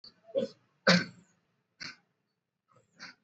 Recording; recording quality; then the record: heavy voluntary cough; poor, much background noise or distortion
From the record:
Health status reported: exposed to COVID-19, no respiratory illness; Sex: male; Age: 28 years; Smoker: no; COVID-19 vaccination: both doses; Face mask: worn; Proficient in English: yes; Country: India